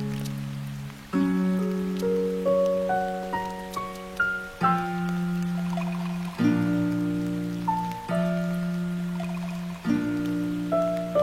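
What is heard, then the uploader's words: Slow, gentle music plays over a soft, steady patter of rain. Sustained low chords change every few seconds, near 1, 4.5, 6.5 and 10 seconds, while a light melody steps upward in single held notes above them. Music w/ Rain Sounds.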